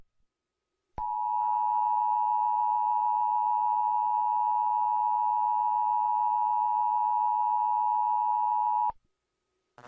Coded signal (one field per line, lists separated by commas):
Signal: Emergency Alert System (SAME) tones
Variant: 853 and 960 Hz attention tone